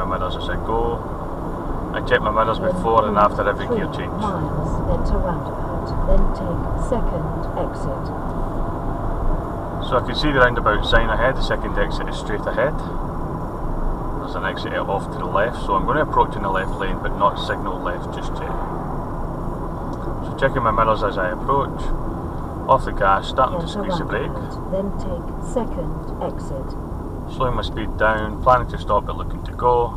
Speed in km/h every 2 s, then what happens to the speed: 50, 53, 55, 55, 55, 55, 52, 52, 52, 48, 48, 45, 42, 37, 29.
0-17 steady at about 53. 17-30 slows to 29.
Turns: none.